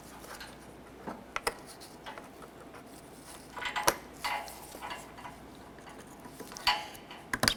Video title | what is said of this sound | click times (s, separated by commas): How to Replace Headlight Assembly Kit 2008-2012 Honda Accord | on our connectors so you can hear them audibly click into place | 1.4 s, 7.4 s